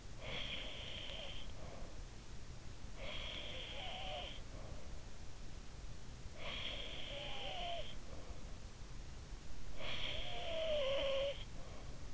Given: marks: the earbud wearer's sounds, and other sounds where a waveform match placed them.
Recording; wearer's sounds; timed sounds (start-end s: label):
sounds in sleep by an in-ear microphone; breath, snoring breath
0.00-2.57 s: breath
2.83-5.51 s: breath
5.83-8.80 s: breath
9.26-12.14 s: snoring breath